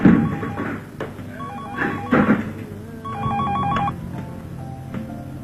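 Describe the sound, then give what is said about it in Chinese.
A telephone rings as a call is placed, in several short bursts of high, warbling electronic tones, separated by brief pauses, with a low rumbling noise underneath and no voices. “便一边和他上网聊天，一边打了电话过去。”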